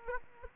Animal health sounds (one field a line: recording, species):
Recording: mosquito wingbeat signal from an infrared sensor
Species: Aedes aegypti